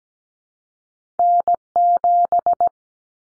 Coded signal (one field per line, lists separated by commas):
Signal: Morse code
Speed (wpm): 17 wpm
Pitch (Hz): 700 Hz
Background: none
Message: N7